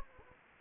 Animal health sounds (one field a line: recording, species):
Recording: mosquito wingbeat signal from an infrared sensor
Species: Anopheles gambiae